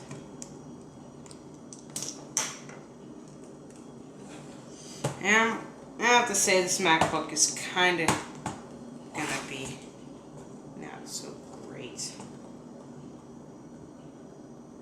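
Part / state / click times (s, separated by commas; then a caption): laptop top case into lower case / not seated / none. While reassembling an early 2008 13-inch Apple MacBook after a keyboard replacement, the plastic top case is handled and pressed down onto the lower case, with light taps and handling knocks, a sharp one around 2.4 s, as someone talks. Nothing has clicked or seated yet; the top case is not yet home when the clip ends.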